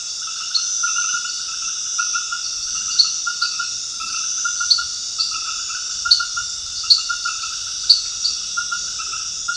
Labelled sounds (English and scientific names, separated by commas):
none